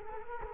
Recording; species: mosquito wingbeat signal from an infrared sensor; Culex quinquefasciatus